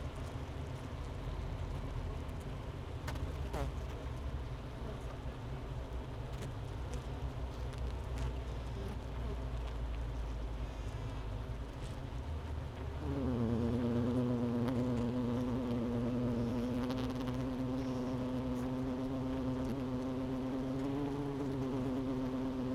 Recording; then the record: honeybee colony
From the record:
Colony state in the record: missing queen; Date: 31 May 2018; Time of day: 11:09